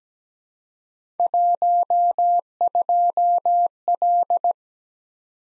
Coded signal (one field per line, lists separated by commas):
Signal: Morse code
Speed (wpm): 17 wpm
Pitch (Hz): 700 Hz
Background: none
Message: 12L